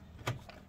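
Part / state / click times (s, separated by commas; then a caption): optical drive latch into desktop drive bay / seated / 0.3 s. An optical drive is slid back into its bay in an HP Compaq dc7100 small-form-factor desktop PC and pushed until its green plastic locking tab clicks into place. A quiet, sharp click is heard at 0.3 s, followed by a fainter tick around 0.5 s. The drive is seated and stays put.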